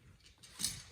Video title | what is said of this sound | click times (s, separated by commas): How to change your 80s electrical outlets | You're gonna hear a slight click and that means the wire is locked in and it's not going anywhere. | 0.6 s